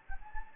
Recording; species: mosquito wingbeat signal from an infrared sensor; Anopheles gambiae